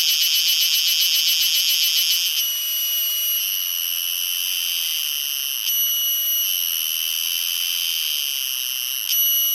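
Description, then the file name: Purana sagittata cicada song, rapidly pulsed buzz for two seconds, then a steadier high tonal drone broken by short clicks every few seconds. "Purana sagittata"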